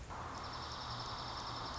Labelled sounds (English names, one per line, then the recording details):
Dark-eyed Junco
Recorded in Sonoma County, California